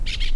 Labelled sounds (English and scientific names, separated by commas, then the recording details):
Brown-throated Parakeet (Eupsittula pertinax) contact call
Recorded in La Tortuga
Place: Isla La Tortuga
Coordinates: 10.925, -65.258